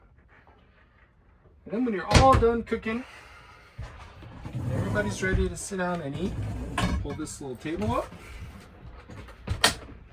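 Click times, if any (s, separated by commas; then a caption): 9.6 s. A small fold-up table is pulled up from the wall in an RV kitchen and locked into its upright position on the RV wall. Someone talks through most of the clip, then a sharp hit sounds at 9.6 s as the table reaches position and locks in place.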